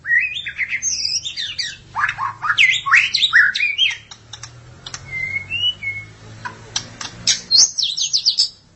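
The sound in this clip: Magpie-robin or shama song: fast rich warbled phrases sweeping up and down, then a pause with short whistles and clicks, closing in high jumbled notes.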